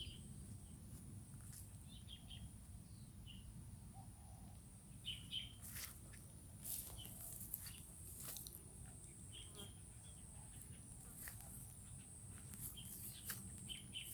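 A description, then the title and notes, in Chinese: A morning walk at the Niu Zhang homestead, with a steady low rumble underneath throughout. Birds chirp and call in short bursts across the whole stretch, some bright and sharp, alongside a constant high hiss and scattered faint voice-like sounds. 牛樟家園晨間散步。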